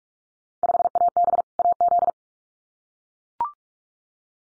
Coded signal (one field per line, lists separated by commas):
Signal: Morse code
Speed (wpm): 44 wpm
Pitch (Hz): 700 Hz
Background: none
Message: 5AB AZ